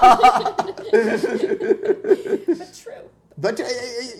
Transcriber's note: both laugh